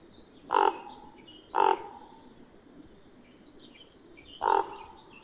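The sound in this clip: Bird calls: three harsh, hoarse caws about a second apart, with a gap before the third, over faint high twittering.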